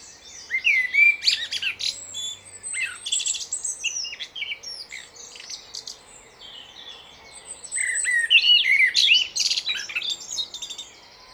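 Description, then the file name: Common blackbird song: loud mellow whistles leading into a long, jumbled high twitter, then a fresh fluting phrase near the end. "Turdus merula"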